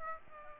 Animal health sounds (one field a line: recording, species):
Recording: mosquito wingbeat signal from an infrared sensor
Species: Aedes aegypti